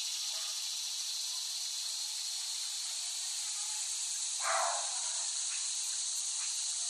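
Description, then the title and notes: Cicadas in a loud, constant high-pitched buzzing chorus; a brief lower rushing burst interrupts midway before the steady drone carries on. Cicadas recorded in West Brighton, Staten Island, late summer 2008. "Recording of cicadas made by Dan Bodah in West Brighton, Staten Island, late summer 2008."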